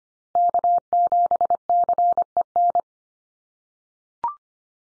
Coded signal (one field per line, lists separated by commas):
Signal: Morse code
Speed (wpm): 25 wpm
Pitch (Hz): 700 Hz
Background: none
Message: K7CEN